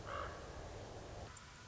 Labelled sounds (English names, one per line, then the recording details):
Common Raven
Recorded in Sonoma County, California